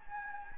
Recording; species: mosquito wingbeat signal from an infrared sensor; Anopheles gambiae